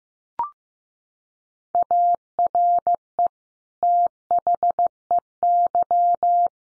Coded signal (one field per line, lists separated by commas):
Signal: Morse code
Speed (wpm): 15 wpm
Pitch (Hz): 700 Hz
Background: none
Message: ARE THEY